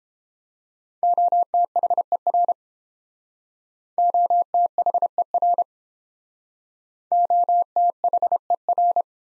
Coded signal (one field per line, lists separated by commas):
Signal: Morse code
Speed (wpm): 30 wpm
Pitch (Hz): 700 Hz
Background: none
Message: OTHER OTHER OTHER